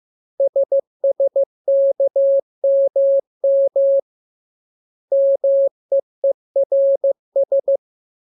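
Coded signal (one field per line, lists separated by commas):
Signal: Morse code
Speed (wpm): 15 wpm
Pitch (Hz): 550 Hz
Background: none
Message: SSKMM MEERS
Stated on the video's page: Morse lesson drill of letters K, M, U, R, E, S, opened with VVV and section sign, closed with AR.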